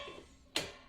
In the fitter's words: bakın çıt diye oturdu ya bu çıt sesini duymazsanız Bunu kaldırdığınızda zaten direkmen elinize geliyor